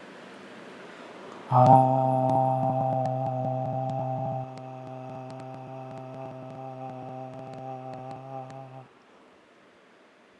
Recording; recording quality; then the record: sustained vowel as in made; excellent, no background noise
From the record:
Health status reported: healthy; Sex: male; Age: 37 years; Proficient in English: yes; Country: India